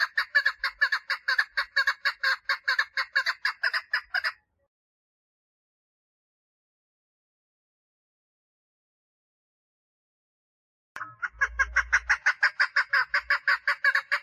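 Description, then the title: Partridge song in two bursts of rapid, raspy repeated notes, separated by a long silence. "Perdiz Cantando"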